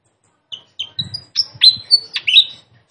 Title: Masteran Sikatan Kipas Suara Jernih Dan Suara Gemericik Air